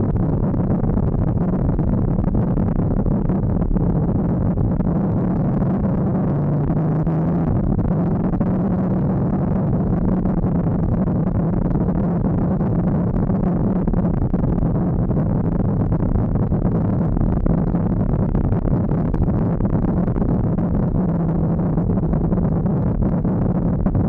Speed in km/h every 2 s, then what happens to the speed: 49, 46, 53, 60, 58, 58, 56, 55, 55, 54, 44, 39.
2-7 speeds up to 60. 7-18 steady at about 55. 18-21 brakes to 39.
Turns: none.